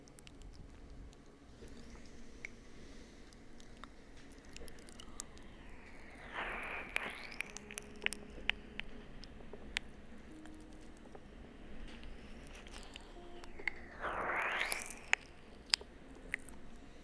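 Slow ear licks and kisses, with two wet, squishy swells of sound around 6–7 seconds and again near 14–15 seconds. Between them, soft clicks and smacking pops scatter irregularly over a low, steady hum.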